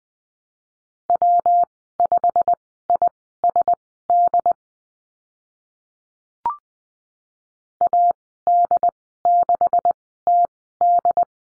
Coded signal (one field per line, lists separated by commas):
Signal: Morse code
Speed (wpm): 20 wpm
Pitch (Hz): 700 Hz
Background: none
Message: W5ISD AD6TD